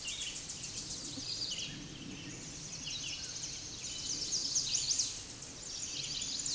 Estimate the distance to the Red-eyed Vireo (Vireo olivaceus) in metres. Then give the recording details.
about 30 m. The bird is about 15 m above the microphone. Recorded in a Pennsylvania forest on 16 May 2024 at 09:32. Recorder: AudioMoth, point MSD-2112. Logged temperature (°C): 16.3 °C. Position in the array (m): 59 m, 198 m